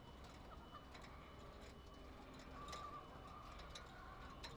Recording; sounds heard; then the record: poultry house recording; healthy chickens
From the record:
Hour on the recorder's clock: 0